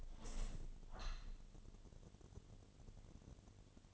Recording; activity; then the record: daily activity, microphone in the room; open window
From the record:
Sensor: 4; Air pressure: 1007.1 hPa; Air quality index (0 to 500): 181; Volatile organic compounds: 5 ppm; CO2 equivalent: 1801 ppm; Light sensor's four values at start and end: 23/74/28/27 and 23/74/28/27